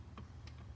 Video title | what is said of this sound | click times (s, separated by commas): Tamiya grasshopper build off part 3 | those arms and boom nice snap sound to it got | 0.2 s